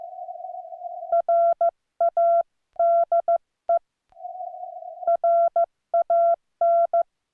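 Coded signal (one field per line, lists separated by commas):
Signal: Morse code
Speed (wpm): 15 wpm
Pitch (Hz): 1360 Hz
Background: none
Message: RADE RAN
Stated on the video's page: Slow QRS CW QSO at 15 wpm under heavy QSB fading.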